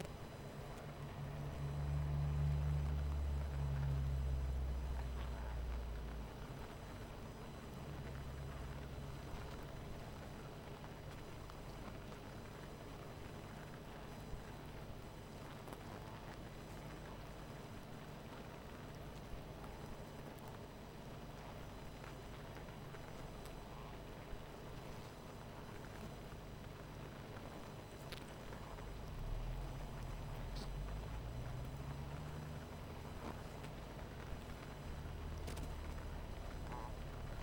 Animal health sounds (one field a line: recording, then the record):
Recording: honeybee colony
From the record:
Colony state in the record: missing queen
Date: 14 July 2017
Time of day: 19:13